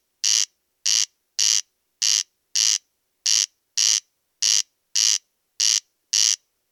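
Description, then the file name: Corn crake rasping call, dry harsh double notes 'crex crex' repeated in an even, mechanical rhythm, with nothing else audible. "Kornknarr"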